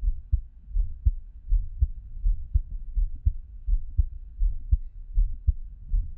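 Low, soft paired thumps of a heartbeat at about 80 beats a minute in a fairly steady rhythm.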